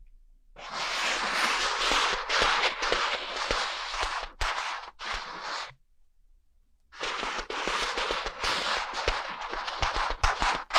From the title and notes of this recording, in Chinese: 按摩耳朵，一些让人放松的声音。